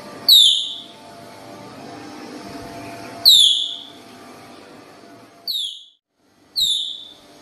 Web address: sound Baird's-tapir